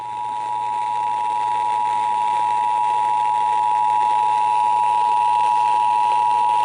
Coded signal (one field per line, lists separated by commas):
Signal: Emergency Alert System (SAME) tones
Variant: 853 and 960 Hz attention tone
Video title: (EAS #521) Severe Thunderstorm Warning (KFWR-FM)